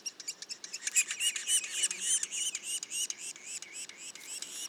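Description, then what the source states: Yellow-bellied sapsucker juveniles give rapid, high squeaky calls, some with rising inflections, repeated about three to four times per second in an uneven chattering stream. Juveniles, recorded in Mont-Orford National Park, Quebec; mono recording.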